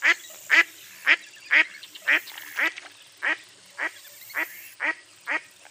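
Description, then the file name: Duck quacking loudly in a regular series of harsh quacks that gradually grows softer. "zvuki glazchatoi kriakvy"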